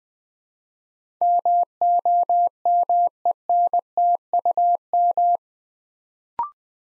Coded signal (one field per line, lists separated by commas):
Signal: Morse code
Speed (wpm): 20 wpm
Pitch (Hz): 700 Hz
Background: none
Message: MOMENTUM